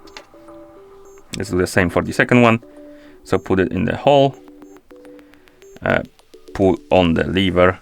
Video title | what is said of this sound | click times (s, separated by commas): How to Change Straps on XIAOMI Watch 2 | the watch and release the lever, and it should click in like that. | 0.2 s